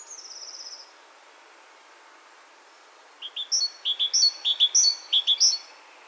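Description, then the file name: Great tit: a thin high whistle opens, then after a pause several crisp repeated high-low phrases. "Parus major"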